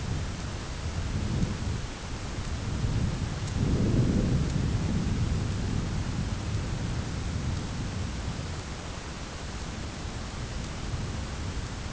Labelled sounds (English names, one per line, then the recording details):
none
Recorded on Arctic tundra, site ZACK-1, on 10 June 2019
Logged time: 15:49